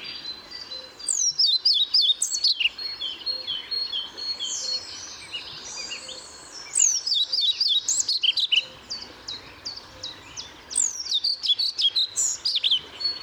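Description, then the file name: European pied flycatcher repeats a quick, jerky phrase of high notes three times, a few seconds apart, with other birds chirping softly throughout. Recorded at Paehl on 1 May 2014. "Trauerschnaepper 01 05 2014 Paehl WM Michle Pron"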